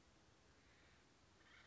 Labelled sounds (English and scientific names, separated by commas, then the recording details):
Acorn Woodpecker (Melanerpes formicivorus)
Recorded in Sonoma County, California